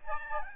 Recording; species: mosquito wingbeat signal from an infrared sensor; Aedes albopictus